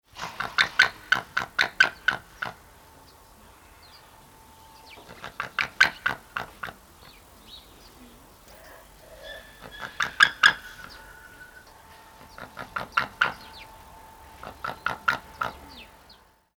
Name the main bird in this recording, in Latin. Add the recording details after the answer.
Haliaeetus albicilla. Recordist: Tembrock, Günter. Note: Erregungsrufe